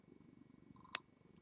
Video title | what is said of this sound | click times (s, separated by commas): Lovely dangle hoop Earrings | just start twisting until you hear two clicks listen for the click there's one | 0.9 s